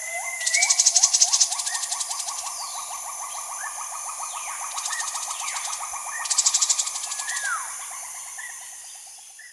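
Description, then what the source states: Rufous-fronted babbler call: a long, even series of short, low piping notes. Pulsing insect choruses sound high above, and other birds give slurred whistles. Recorded at Danum on 1 January 2008.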